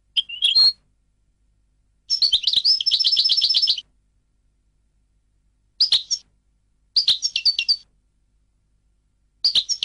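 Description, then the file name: European goldfinch song with a quick twitter, a rapid buzzy trill lasting nearly two seconds, then scattered tinkling chirpy phrases. "audio burung goldfinch"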